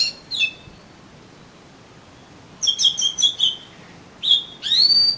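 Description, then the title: Oriental magpie-robin song: a whistle, a pause, a rapid string of short notes, then two longer whistles, the last rising. "Kacer Kacer"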